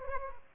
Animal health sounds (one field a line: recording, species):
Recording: mosquito wingbeat signal from an infrared sensor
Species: Aedes albopictus